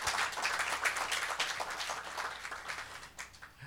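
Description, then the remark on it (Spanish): A church audience applauds Jesus as their King during a Christmas 2016 sermon, with a soft, steady wash of many hands clapping that holds for a few seconds and tapers slightly at the end, with no voices over it. “Le damos un aplauso a nuestro Rey.”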